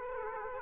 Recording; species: mosquito wingbeat signal from an infrared sensor; Aedes aegypti